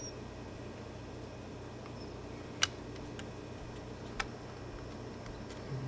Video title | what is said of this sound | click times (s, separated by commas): Galaxy Note 3 Front Camera Replacement How To Change | And just make sure everything snaps into place | 2.6 s, 4.2 s